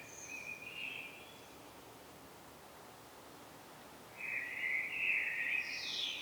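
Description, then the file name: Common blackbird song: a faint warbled phrase at the start, a pause, then a louder phrase rising into high twittering notes at the end. "Turdus merula"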